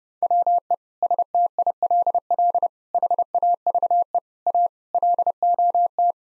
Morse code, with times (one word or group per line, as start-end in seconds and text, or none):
0.2-0.7 WE
1.0-2.7 STILL
2.9-4.2 HAVE
4.5-4.7 A
4.9-6.1 LOT